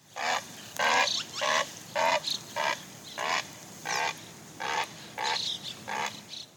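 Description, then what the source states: Great Blue Heron angry squawks, a series of harsh, rasping, throaty calls given roughly every half second. Harsh back-of-the-throat squawk likened to a pterodactyl, given when disturbed and angry.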